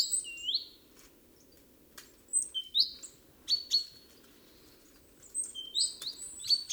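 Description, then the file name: Great tit calls: short high chirps and quick sweeping notes in scattered bursts, with pauses between groups. "Parus major"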